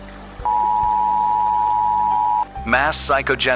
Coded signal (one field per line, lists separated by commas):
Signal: Emergency Alert System (SAME) tones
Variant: 853 and 960 Hz attention tone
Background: speech, music